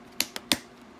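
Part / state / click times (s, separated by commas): locking fastener on a leather travel case flap / seated / 0.2 s, 0.5 s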